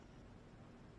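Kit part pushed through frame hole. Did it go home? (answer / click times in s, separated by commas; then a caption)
no / none. A thumb pushes a kit part into its mounting hole on the frame of a Genmitsu LE5040 laser engraver during assembly, but the part does not go all the way through. Only a steady, low, broadband rumble with no distinct click is heard. Nothing has seated or clicked yet, and the part will need more force or a tool.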